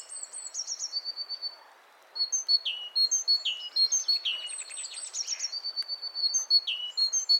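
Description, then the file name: Great tit calls: steady high chirping with sliding downward notes and thin flat tones, a short pause near two seconds, then continuous twittering. "Parus major"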